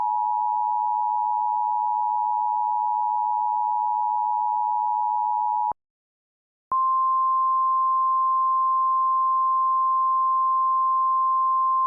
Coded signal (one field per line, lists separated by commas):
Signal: Emergency Alert System (SAME) tones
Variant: 853 and 960 Hz attention tone